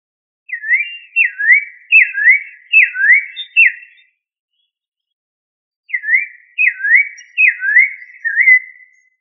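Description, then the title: Thrush repeating a swooping whistle that drops and climbs again, several notes, a pause of about two seconds, then several more. "Familia Turdidae - Sabia"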